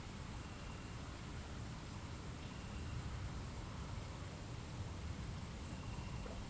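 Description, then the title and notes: Cricket: continuous high ringing trill from crickets, steady throughout, with a low traffic drone beneath. Crickets recorded at night in Aveize, France, with a few cars in the distance; captured with DPA-2006c microphones in AB position on a Mixpre-3 recorder. "69610 Aveize, France - Grillons - Crickets. Grillons la nuit, quelques voitures dans le lointain. Crickets at night, cars in the distance"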